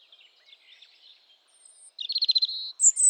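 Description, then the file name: European robin with soft, faint warbling at first, then a loud, quick trill and sharp, very high closing notes. "Erithacus rubecula"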